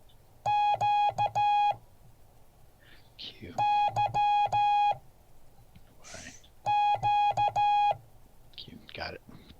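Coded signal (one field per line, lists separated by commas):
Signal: Morse code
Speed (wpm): 14 wpm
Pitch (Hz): 830 Hz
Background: speech, music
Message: QYQ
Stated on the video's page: Morse code class.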